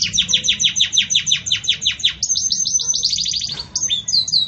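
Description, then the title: Belgian canary song: a long series of quick repeated descending notes, then a smooth rapid high trill and a few sharp closing chirps. Domestic canary of the Belgian breed singing the pure "campainha" song style, with pauses, recorded for training other canaries. "Canto Canário Belga Campainha Puro Com Pausa Para Treinamento"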